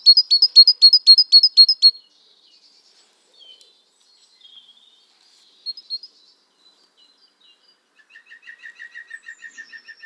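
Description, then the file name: Great tit gives a quick burst of bright, high repeated notes, then quiet scattered chips, and finally a lower, softer run of evenly spaced notes near the end. "Parus major"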